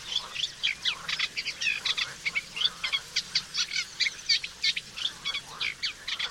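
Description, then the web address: Eurasian reed warbler singing a jerky, churring chatter of grating and sharper notes, each phrase repeated a few times before changing. "chant didier collin rousserolle effarvatte"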